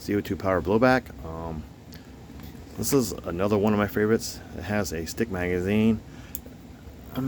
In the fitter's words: This one has a nice positive click.